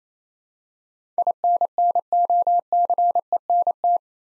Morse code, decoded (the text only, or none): INNOCENT